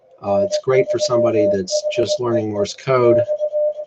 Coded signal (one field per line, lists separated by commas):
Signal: Morse code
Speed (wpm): 21 wpm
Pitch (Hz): 600 Hz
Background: speech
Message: N3HEE X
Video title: Contesting Demo - VA QSO Party 2015